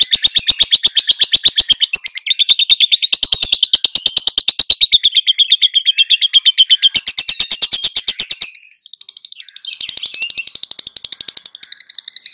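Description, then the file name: Lovebird chatter: a rapid, buzzy string of high squeaky notes running for about eight seconds, then quieter, scratchier twittering. "suara lovebird"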